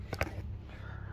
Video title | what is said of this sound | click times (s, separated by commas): Tutoriel remplacement échangeur de chaleur 3C0819031A sur Vw tiguan 5n 2014 | Mais une fois queon a mis un peu de graisse, tac, on entend l'éclipse. | 0.2 s